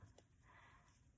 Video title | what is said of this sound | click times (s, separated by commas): How to Crochet Whimsy & Flit: Making Whimsy Part 1 of 13 | so that was one pop i could feel | 0.2 s